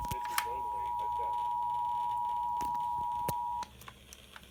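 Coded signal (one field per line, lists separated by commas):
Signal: Emergency Alert System (SAME) tones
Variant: 853 and 960 Hz attention tone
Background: speech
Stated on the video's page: Pennsylvania Required Monthly Test received on FM broadcast radio stations.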